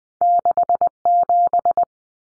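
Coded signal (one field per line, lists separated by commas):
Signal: Morse code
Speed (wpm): 20 wpm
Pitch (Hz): 700 Hz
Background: none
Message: 67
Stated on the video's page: Head-copy drill of two-digit numbers sent in Morse at 20 wpm, each sent, spoken, then sent again.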